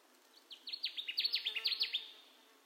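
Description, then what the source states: Connecticut warbler song: a run of about a dozen sharp, downslurred notes over roughly one and a half seconds, then quiet. Recorded 10 June 2021; nine songs in the recording.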